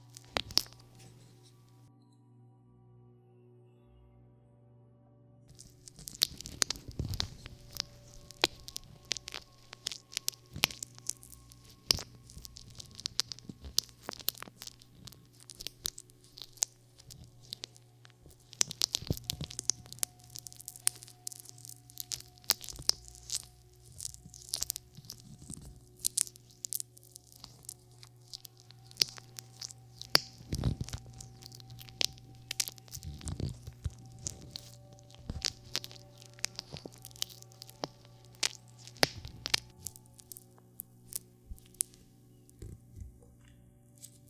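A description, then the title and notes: Ear cleaning with a peel-off mask and tweezers, with no talking. After about six quiet seconds, dense crackling, tearing and scratching sounds start and continue in uneven bursts, with sharper pops around 7, 19 and 33 seconds, over a steady low hum. Ear cleaning, No talking. 无人声. 撕拉面膜，清洁面膜，镊子.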